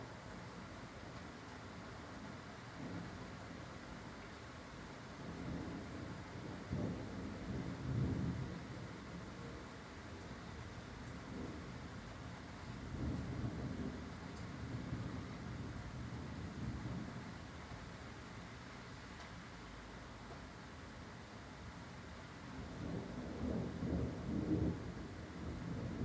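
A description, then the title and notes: Thunder and rain: a steady hiss of rain runs throughout while low, soft rumbles of thunder swell and fade several times, around 5–9 seconds, 12–17 seconds, and again near the end. The rumbles roll slowly rather than cracking sharply. Dozing through thunder and rain, Tulse Hill, London, UK. The stormy weather rolled in around South London. My room is situated within a block of flats.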